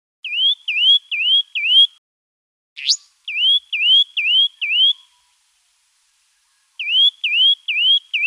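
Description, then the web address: Restless flycatcher calling: high whistled notes that dip and then rise, given in quick runs of four, with one sharp upward-sweeping note between the first two runs. Canberra garden, Australia. "canberra-garden-birds flycatchers restless-flycatcher"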